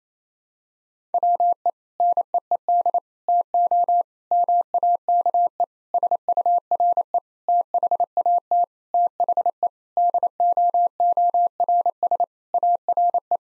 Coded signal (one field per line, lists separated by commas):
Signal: Morse code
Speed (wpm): 28 wpm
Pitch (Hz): 700 Hz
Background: none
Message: WE NEED TO MAKE SURE THAT THE DOORS ARE